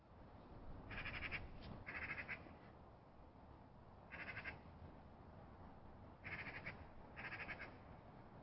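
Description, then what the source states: Eurasian magpie chattering in short harsh rattling bursts, each under a second, mostly coming in pairs with pauses, over a steady low rumbling background noise. Calling bird described as distant.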